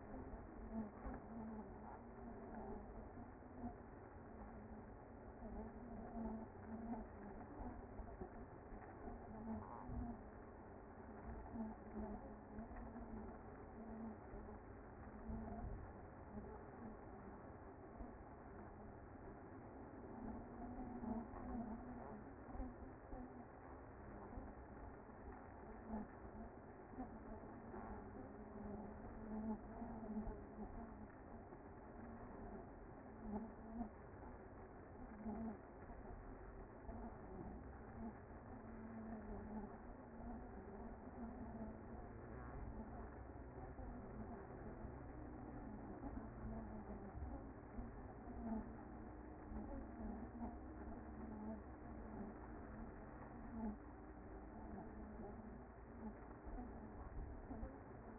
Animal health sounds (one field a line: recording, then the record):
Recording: honeybee colony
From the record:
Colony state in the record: active